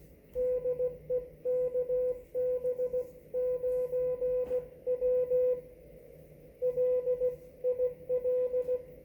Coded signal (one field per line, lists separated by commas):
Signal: Morse code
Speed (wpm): 16 wpm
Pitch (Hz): 500 Hz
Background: radio noise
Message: DE KB9W LIL